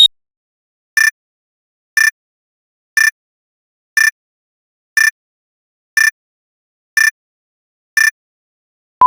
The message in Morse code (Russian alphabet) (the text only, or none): none